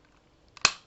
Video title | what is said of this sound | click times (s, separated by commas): Sentai Robo Review #48: Gattai ! Five Cross ! Great Five / Robot Bioman 2 合体！ファイブクロス！グレートファイブ（フランス語） | Là, j'ai un clic. | 0.7 s